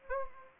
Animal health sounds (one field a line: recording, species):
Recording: mosquito wingbeat signal from an infrared sensor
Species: Anopheles gambiae